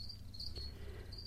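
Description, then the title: House cricket singing a few short, high, shrill chirps over a low steady hum. "Viikon luontoääni: Kotisirkka"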